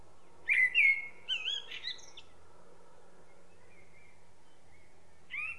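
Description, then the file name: Common blackbird song: rich fluted whistles sliding up and down, a soft faint note after, then the start of another phrase near the end. "Turdus merula"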